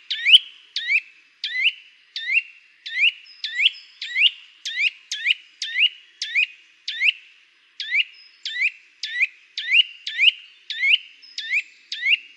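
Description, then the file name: Eurasian nuthatch giving a long, even series of short, upslurred piping calls, nearly two per second, with no other clear sounds. "Sitta europaea"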